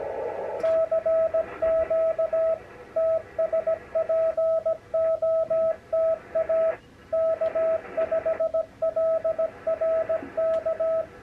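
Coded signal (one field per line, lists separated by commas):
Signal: Morse code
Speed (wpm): 17 wpm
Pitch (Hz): 650 Hz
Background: radio noise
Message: CQ TSPOTA K5LRK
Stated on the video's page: Texas State Parks On The Air activation, operated from a converted RV communications platform.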